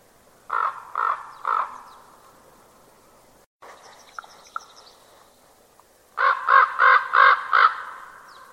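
Bird giving harsh cawing calls, three quick caws, a pause with faint rustling and clicks, then a run of five loud caws.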